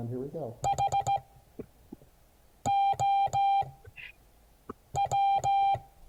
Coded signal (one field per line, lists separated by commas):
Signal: Morse code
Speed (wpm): 15 wpm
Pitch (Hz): 790 Hz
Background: speech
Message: HOW